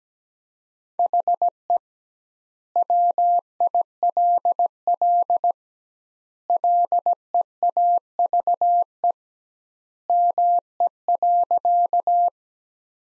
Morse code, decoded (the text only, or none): HE WILL LEAVE ME.